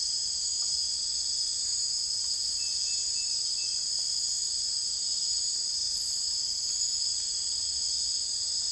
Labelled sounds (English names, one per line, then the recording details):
none
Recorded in secondary vegetation near Puerto Asís, Putumayo, Colombia, on 21 December 2024 at 03:00
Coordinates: 0.484, -76.319
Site GP06